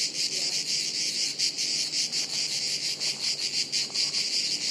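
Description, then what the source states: Cicadas buzzing together, a loud high drone that swells and dips unevenly, with a faint brief tone near the end. Chorus of cicadas high in trees overhead, woods near Sirolo, Italy, hot afternoon, August 23.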